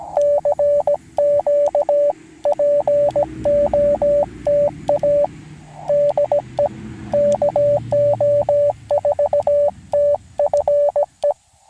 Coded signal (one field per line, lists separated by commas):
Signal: Morse code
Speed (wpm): 17 wpm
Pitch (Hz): 580 Hz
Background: radio noise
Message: CQ POTA DE KO4TFE